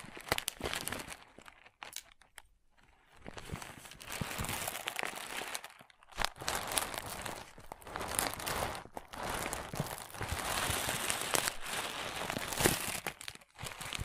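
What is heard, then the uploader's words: Crunchy slime being squeezed and scratched, dense crackling and crinkling bursts with brief quiet gaps near two and six seconds. Crunchy Slime x Brain Scratching.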